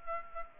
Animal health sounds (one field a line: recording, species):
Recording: mosquito wingbeat signal from an infrared sensor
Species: Culex pipiens